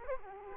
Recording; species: mosquito wingbeat signal from an infrared sensor; Culex quinquefasciatus